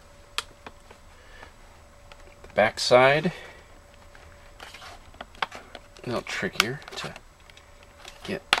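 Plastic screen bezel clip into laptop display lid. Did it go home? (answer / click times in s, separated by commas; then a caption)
yes / 8.5 s. Someone talks while fiddling with the plastic screen bezel of a Gateway NV77H18u laptop, working the trickier back-side clip into the display lid with soft scattered clicks and rustles. One loud, sharp snap at 8.5 s marks the bezel clip latching into place.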